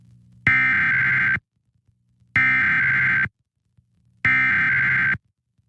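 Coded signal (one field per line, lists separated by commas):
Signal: Emergency Alert System (SAME) tones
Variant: header bursts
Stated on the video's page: Santa Barbara County Required Monthly Test SAME tones.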